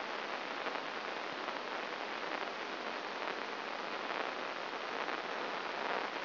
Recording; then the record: brain microelectrode recording played as sound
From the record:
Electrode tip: inside the subthalamic nucleus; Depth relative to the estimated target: 1 mm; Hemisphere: right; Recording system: AlphaMap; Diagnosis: Parkinson's disease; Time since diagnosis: 19 years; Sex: male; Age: 59 years